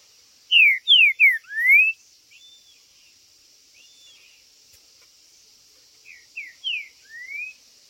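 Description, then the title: Green-winged saltator song: a loud phrase of falling whistled slurs ending in a rising note, faint soft notes in between, then a quieter repeat of the phrase; steady hiss behind. Singing, chirping and male territorial display (macheando) in a dispute between birds; meant to excite a listener's own saltator into singing. "Para ESQUENTAR Seu TRINCA Piando, Cantando E Macheando Na DISPUTA. TRINCA FERRO Cantando e MACHEANDO!!"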